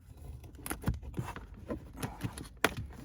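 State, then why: Seated. A plastic cabin filter cover behind the glove box is pressed back onto its housing, with light scraping and small plastic knocks. A sharp snap at 2.6 s marks both small retaining tabs clicking into place, and the cover is seated.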